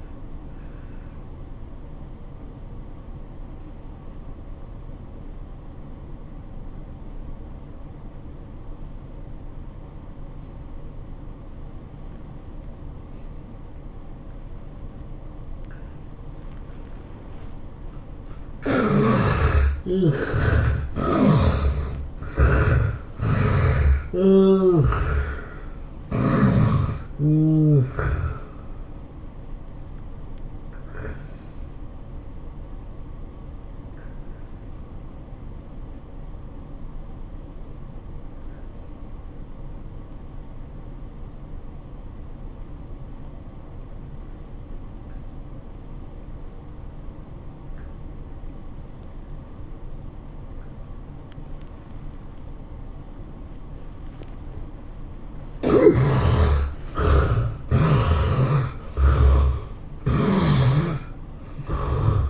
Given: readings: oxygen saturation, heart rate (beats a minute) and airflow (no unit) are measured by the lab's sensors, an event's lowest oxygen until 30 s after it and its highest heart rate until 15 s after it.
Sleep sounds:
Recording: breathing in sleep by a smartphone at the bedside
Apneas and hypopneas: 2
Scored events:
3.00-18.30 s: obstructive apnea (N1, oxygen 91% highest, then 73% lowest, heart rate 90 at the start, 105 highest)
34.00-56.00 s: obstructive apnea (N1, oxygen 96% highest, then 72% lowest, heart rate 97 at the start, 107 highest)
From the record:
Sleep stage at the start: N1 (lightest sleep)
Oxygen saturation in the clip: 69 to 96%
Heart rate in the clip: 77 to 105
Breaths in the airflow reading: 8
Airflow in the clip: -21.0 to 11.2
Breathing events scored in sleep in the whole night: 403 in 5.5 hours asleep

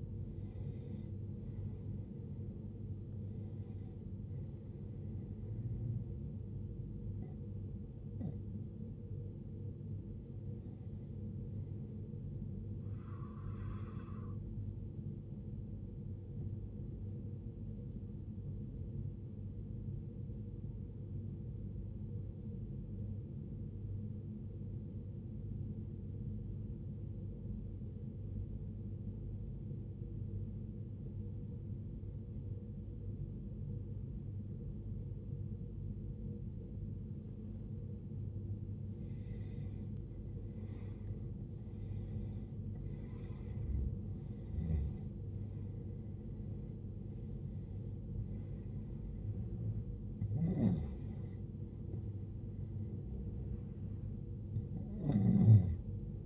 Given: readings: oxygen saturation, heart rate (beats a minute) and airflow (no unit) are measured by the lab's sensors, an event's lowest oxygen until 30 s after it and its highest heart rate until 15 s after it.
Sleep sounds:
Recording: breathing in sleep by a smartphone at the bedside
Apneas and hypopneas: 1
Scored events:
6.00-56.26 s: new sleep stage, N1 (lightest sleep)
19.00-40.10 s: obstructive apnea (N1, oxygen 95% highest, then 85% lowest, heart rate 63 at the start, 72 highest)
From the record:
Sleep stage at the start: N2 (light sleep)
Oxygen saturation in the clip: 84 to 95%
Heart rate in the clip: 55 to 75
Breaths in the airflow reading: 9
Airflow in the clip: -16.8 to 17.2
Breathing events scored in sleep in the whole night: 389 in 6.3 hours asleep

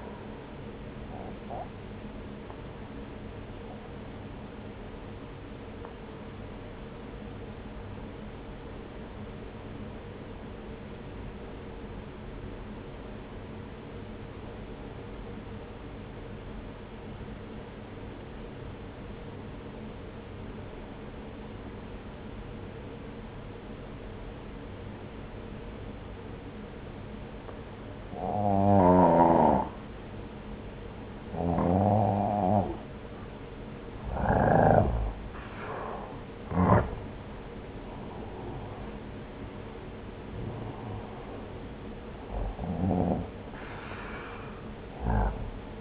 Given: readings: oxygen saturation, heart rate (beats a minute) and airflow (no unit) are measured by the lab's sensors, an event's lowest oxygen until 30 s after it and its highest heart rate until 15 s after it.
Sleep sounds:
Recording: breathing in sleep by a voice recorder at the bedside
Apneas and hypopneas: 1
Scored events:
4.00-29.20 s: obstructive apnea (N1, oxygen 94% highest, then 87% lowest)
10.00-40.00 s: new sleep stage, N2 (light sleep)
40.00-45.81 s: new sleep stage, N1 (lightest sleep)
From the record:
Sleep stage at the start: N1 (lightest sleep)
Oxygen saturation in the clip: 86 to 94%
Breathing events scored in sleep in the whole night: 303 in 8.1 hours asleep

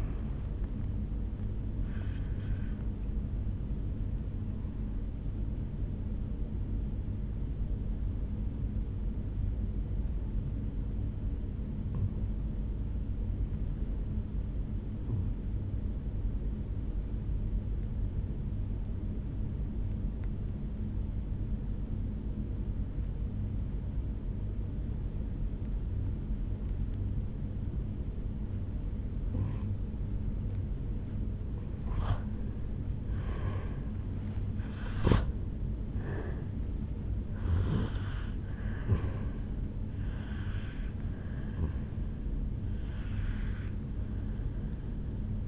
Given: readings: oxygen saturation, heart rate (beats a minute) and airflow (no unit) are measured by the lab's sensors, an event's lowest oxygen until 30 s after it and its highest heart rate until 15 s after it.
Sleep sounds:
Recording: breathing in sleep by a smartphone at the bedside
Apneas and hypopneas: 1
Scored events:
12.00-30.20 s: obstructive apnea (N1, oxygen 97% highest, then 88% lowest, heart rate 61 at the start, 75 highest)
40.00-45.48 s: new sleep stage, N2 (light sleep)
From the record:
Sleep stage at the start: N1 (lightest sleep)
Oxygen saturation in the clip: 87 to 97%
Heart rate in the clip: 61 to 77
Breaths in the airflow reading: 5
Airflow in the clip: -10.8 to 4.6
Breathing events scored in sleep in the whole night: 449 in 7.0 hours asleep

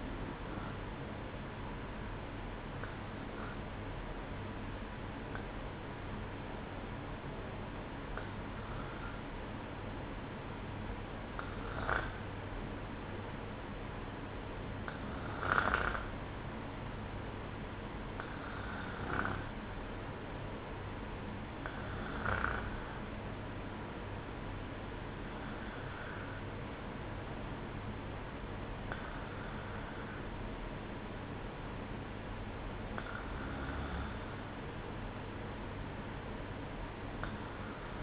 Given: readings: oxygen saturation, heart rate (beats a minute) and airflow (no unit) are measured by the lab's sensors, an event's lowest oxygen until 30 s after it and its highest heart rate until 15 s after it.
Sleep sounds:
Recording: breathing in sleep by a voice recorder at the bedside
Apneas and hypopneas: none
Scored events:
none scored
From the record:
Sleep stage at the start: REM sleep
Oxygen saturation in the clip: 94 to 96%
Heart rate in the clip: 58 to 64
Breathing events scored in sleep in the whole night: 305 in 9.6 hours asleep

